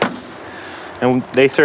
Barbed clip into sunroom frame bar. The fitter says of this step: all about they've got barbs on both sides and they lock right in